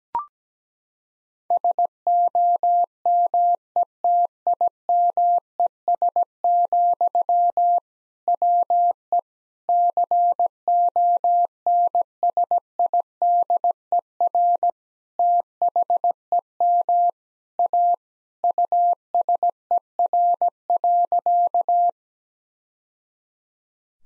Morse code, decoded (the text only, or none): SOMETIMES, WE CONSIDER THEM A USER.